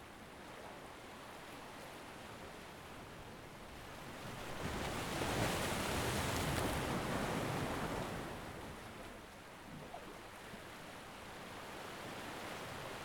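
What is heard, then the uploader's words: Ocean waves roll in a continuous wash of hiss and rumble. The sound swells between about four and eight seconds as a wave breaks closer, then eases back to a steady, dense surf, with some wind noise underneath. Ocean Waves.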